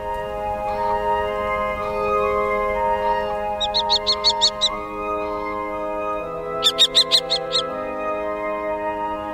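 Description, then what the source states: Common kestrel calling in two quick bursts of about six sharp, high repeated notes, over sustained tonal music. Watarase Retarding Basin, Japan, on a sunny autumn afternoon.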